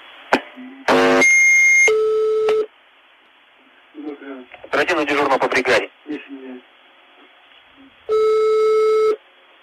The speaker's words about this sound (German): So, das hört sich ja eigentlich eher an wie so ein halbes Telefongespräch. Also, eine weitere Spekulation ist die, dass es sich bei diesem Signal um einen sogenannten Totmannschalter handelt.